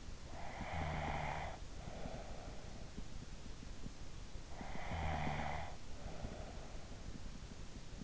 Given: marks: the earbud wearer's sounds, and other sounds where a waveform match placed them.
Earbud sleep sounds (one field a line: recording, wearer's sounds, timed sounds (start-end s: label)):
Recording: sounds in sleep by an in-ear microphone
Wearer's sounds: snoring breath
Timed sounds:
0.00-3.17 s: snoring breath
4.22-7.13 s: snoring breath